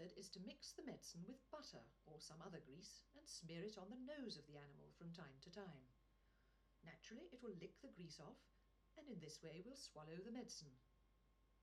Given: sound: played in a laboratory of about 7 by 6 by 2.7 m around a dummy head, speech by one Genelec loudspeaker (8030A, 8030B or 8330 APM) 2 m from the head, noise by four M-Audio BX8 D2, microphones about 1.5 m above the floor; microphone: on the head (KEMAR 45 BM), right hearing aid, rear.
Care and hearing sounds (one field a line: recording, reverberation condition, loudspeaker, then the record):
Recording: female speech in English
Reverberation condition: low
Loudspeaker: 120 degrees to the right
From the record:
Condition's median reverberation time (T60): about 310 ms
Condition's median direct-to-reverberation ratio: about 3.5 dB